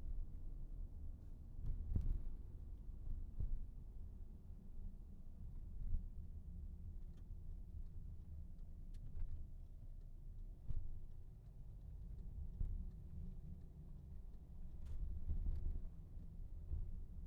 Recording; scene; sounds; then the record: everyday scene through a hearing-aid microphone; in a vehicle; engine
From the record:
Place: VW T5 Caravelle, diesel engine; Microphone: behind the ear, right, front